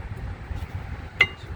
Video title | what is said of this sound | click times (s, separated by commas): 2014 Jeep Wrangler 4wd Rear Brake Pad and Rear Rotor Replacement. Brake repair near Mason Ohio | just snap right in there same | 1.2 s